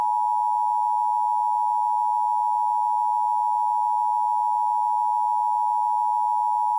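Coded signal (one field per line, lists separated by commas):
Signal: Emergency Alert System (SAME) tones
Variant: 853 and 960 Hz attention tone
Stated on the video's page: Fictional EAS scenario about a Diablo Canyon nuclear plant meltdown.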